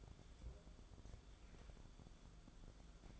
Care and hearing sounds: daily activity, microphone in the room; take from stove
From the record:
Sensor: 5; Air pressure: 1010.5 hPa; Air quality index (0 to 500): 113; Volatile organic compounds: 2 ppm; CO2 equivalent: 1109 ppm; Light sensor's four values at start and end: 587/1480/617/717 and 649/1611/679/805

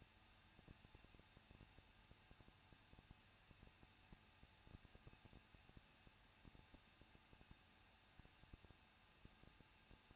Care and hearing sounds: daily activity, microphone in the room; no activity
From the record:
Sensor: 2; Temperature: 21.0 degrees Celsius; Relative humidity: 37.3%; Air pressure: 1006.3 hPa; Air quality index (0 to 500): 221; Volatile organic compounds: 23 ppm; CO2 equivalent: 2789 ppm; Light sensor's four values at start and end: 2/3/2/2 and 2/3/2/2

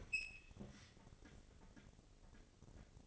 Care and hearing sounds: daily activity, microphone in the room; open fridge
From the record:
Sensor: 4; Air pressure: 996.0 hPa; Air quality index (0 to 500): 61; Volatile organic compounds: 2 ppm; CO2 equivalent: 1087 ppm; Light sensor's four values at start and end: 17/45/17/19 and 15/40/15/17

